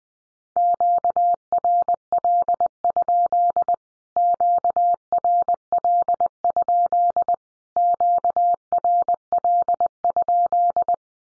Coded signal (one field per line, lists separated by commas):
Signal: Morse code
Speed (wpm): 20 wpm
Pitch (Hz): 700 Hz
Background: none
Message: QRL? QRL? QRL?